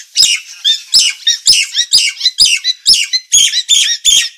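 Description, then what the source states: Nias hill myna song: rapid harsh squawking notes, about two per second, each a broad burst with whistled overtones, steady for over four seconds. Title describes the bird as gacor (singing vigorously and continuously) and its voice as noisy.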